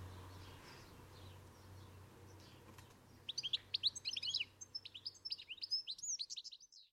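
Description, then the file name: European goldfinch gives quick liquid twitters and chirps in a lively run over the last four seconds, after a stretch of low background hum. "Carduelis carduelis"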